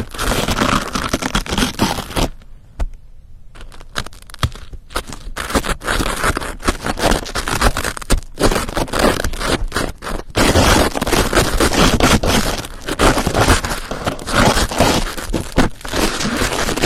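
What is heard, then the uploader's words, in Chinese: Ear cleaning with no voice: dense scratching and crackling that fills the whole range from low rumble to bright hiss. It runs almost continuously, breaking off into near silence around 2 to 4 seconds, with brief dips near 8 and 10 seconds. 掏耳无人声助眠。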